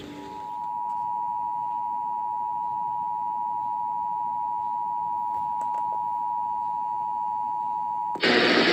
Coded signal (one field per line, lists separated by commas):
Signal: Emergency Alert System (SAME) tones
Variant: 853 and 960 Hz attention tone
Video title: Iowa Required Monthly Tests (EAS #889-902)